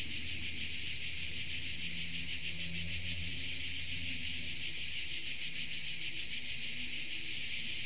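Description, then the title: Insects in a dense chorus, a high shrill buzz pulsing about three times a second, steady throughout, over a faint low rumble. Insects in Tuscany. "Under Tuscan Bugs"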